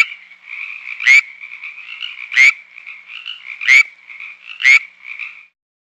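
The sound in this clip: Frog call with a continuous buzzing trill and loud snapping clicks recurring about every one to one and a half seconds, stopping shortly before the end.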